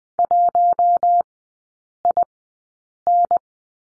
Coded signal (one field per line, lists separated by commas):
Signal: Morse code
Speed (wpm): 20 wpm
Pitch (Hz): 700 Hz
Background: none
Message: 1IN